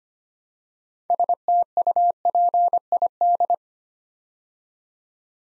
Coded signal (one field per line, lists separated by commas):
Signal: Morse code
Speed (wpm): 25 wpm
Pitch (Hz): 700 Hz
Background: none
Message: STUPID